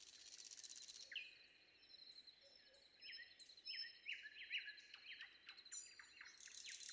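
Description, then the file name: Common nightingale song with clear whistles and short swooping notes, interspersed with soft pauses, while other birds twitter faintly behind. Sung before dawn. "predawn nightingale"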